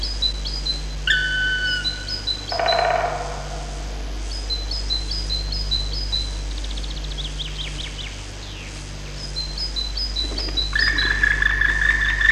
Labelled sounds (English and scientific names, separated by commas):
Black Woodpecker (Dryocopus martius)